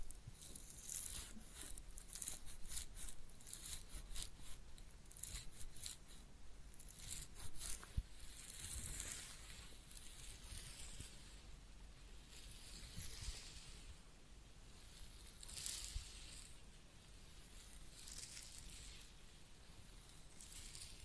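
Real head massage with ear cleaning: a dense, continuous rubbing and scratching hiss fills the clip, thick with low rumbling. Sharper bright crackles and rustles flare irregularly, clustered in the first eight seconds and again near sixteen, then settling into softer steady friction.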